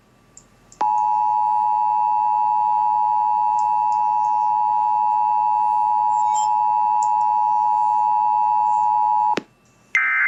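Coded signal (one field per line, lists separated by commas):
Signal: Emergency Alert System (SAME) tones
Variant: 853 and 960 Hz attention tone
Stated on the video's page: Alert tones from a Sangean CL-100 weather radio during siren testing.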